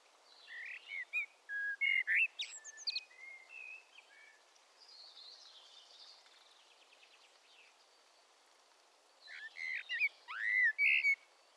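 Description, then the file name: Common blackbird singing: two bursts of whistled and squeaky notes separated by a quieter pause. "Turdus merula"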